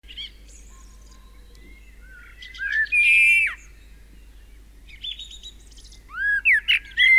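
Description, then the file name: Common blackbird singing two phrases of whistled notes with squeaky, scratchy high flourishes, separated by a short pause. "Turdus merula"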